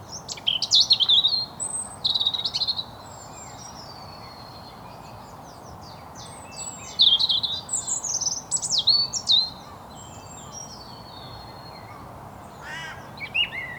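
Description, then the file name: European robin song: short, high, sweet warbled phrases with quick slurred notes, separated by pauses of several seconds; faint steady background hiss. "Erithacus rubecula"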